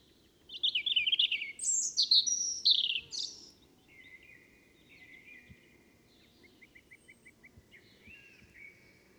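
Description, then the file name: European robin delivers a loud, sparkling warbled phrase, then softer high notes and a short run of quick ticking notes, over a steady low background hiss. "Erithacus rubecula"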